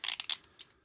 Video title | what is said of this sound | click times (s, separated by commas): Transformers Cyberverse Ultra Class Slipstream Review | make sure that these fit in and they just clicks back into place and then if you press it again you | 0.3 s